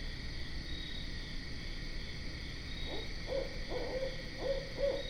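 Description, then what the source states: Barred owl hooting, a short run of low, wavering hoots rising and falling near the end, over steady insect trilling and low background rumble. Recorded 12 September 2010.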